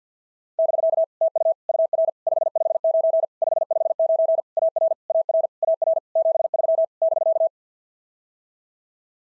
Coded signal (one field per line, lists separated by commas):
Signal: Morse code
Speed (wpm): 54 wpm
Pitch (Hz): 650 Hz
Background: none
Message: <BK> TU UR 559 559 AR AR AR 73 <BK>